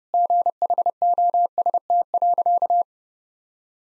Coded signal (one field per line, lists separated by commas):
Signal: Morse code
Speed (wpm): 29 wpm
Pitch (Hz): 700 Hz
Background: none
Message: GHOST.